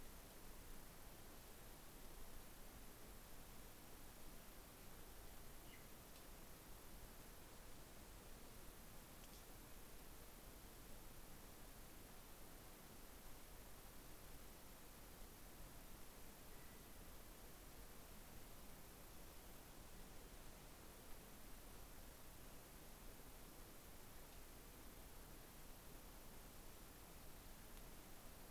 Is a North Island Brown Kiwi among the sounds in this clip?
no